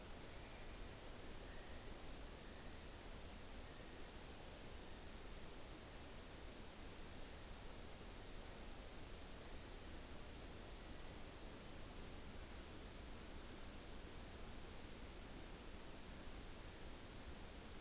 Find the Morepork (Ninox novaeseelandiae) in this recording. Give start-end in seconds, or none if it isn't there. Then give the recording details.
none. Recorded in New Zealand on 29 April 2014. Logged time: 02:19. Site Ponui